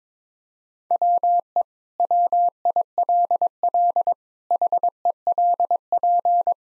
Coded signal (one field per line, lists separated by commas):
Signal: Morse code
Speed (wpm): 22 wpm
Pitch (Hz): 700 Hz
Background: none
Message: WE WILL HELP